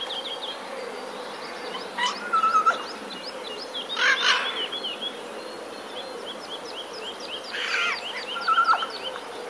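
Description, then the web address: Eurasian jay giving harsh, broad rasping screeches in three bursts, while small birds keep up thin, high repeated chirps throughout. Recorded 7 April 2019. "wroblowe ostrzegator sojka 07 04 2019"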